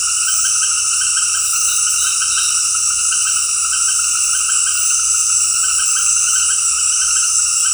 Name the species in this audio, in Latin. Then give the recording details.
none. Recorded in dense forest near Puerto Asís, Putumayo, Colombia, on 19 February 2024 at 19:00. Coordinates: 0.484, -76.317. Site G6464